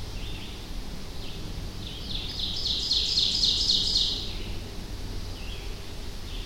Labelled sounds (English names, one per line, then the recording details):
Ovenbird song
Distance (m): 25 m
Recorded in boreal forest in Alberta, Canada, on 25 June 2016 at 07:26
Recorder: SongMeter 3, array SBT-6-76
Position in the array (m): 15 m, 119 m
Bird 2